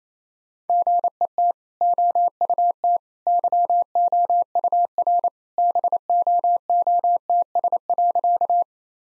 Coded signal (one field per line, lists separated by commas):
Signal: Morse code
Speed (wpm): 28 wpm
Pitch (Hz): 700 Hz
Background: none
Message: GET OUT YOUR BOOTS.